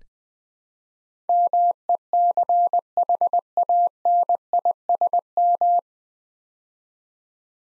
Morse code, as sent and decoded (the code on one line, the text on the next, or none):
-- . -.-. .... .- -. .. ... --
MECHANISM